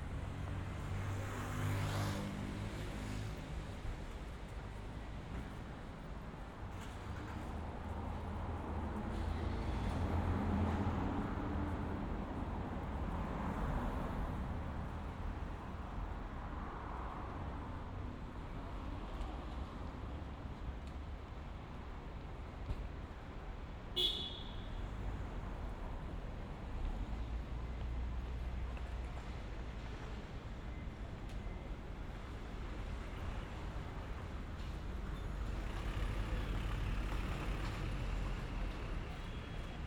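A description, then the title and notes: A busy city street on foot, with a steady low rumble of passing cars and buses filling the whole stretch. Traffic swells around the tenth second and again near the end, and a sharp bright click or tap stands out at about twenty-four seconds. 3D AUDIO Walking in Shibuya 渋谷 Tokyo, Japan.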